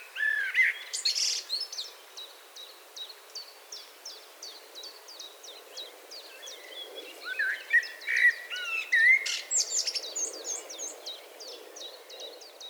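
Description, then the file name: Common blackbird with repeated short high ticks throughout, several lower whistled slurs, and a couple of loud rasping bursts near the start and middle. "Turdus merula"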